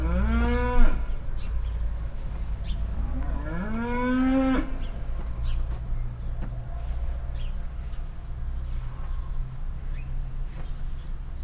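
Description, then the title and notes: Cow mooing: two strong rising moos in the first five seconds, then quieter rumble with faint bird chirps. Cow at a farmstead near a willow in Heiderscheid, mooing constantly and loudly while moving behind a bush; cars and birds nearby. "Heiderscheid - farmstead cow. At a farmstead nearby a willow. A constantly loud mooing cow and moves behind a bush. Other cows answer more silently"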